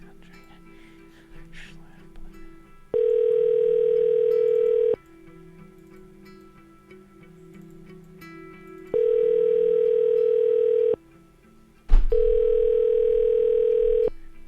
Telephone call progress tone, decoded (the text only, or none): ringback tone